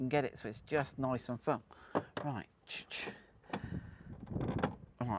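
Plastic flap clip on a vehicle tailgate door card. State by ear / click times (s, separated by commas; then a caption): seated / 5.0 s. Someone talks while an upgraded plastic clip on the warning triangle flap of a Land Rover Defender L663 tailgate door card is pushed shut, after its nylock has been adjusted so the flap sits firm. A few brief knocks are heard before a sharp click at 5.0 s, when the clip clicks shut and seats.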